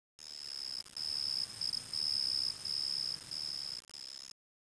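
Cricket chirping, a high thin trill broken into several bursts of varying length with brief gaps, over faint background hiss.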